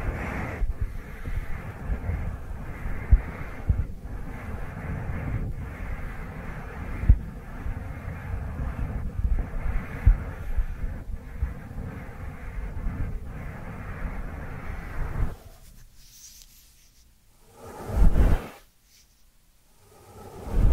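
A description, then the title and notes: Dry hands rub together in a dense, steady rasping hiss that is low and full for about fifteen seconds. After that the rubbing stops, leaving near silence broken by two short soft swishes around eighteen and twenty seconds. ASMR Dry Dry Dry Hand Sounds to Beat Your Tingle Immunity (No Talking).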